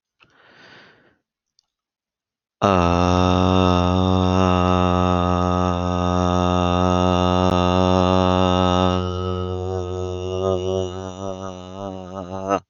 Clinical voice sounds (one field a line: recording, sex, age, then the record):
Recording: vowel held as long as possible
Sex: male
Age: 20 to 29 years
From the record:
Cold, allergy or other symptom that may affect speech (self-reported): no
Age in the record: 24 years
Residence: Florida, United States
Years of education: 14